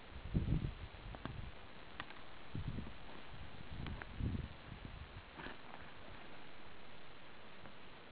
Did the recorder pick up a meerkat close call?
no